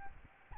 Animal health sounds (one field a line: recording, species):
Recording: mosquito wingbeat signal from an infrared sensor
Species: Aedes albopictus